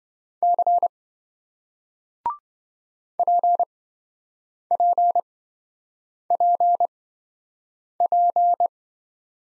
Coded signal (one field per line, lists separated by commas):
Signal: Morse code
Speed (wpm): 27 wpm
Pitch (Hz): 700 Hz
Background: none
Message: C PPPP